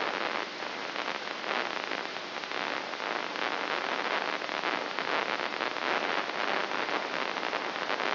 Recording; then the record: brain microelectrode recording played as sound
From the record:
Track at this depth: outside the subthalamic nucleus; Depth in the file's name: 2.536 mm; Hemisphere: left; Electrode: 3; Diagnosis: Parkinson's disease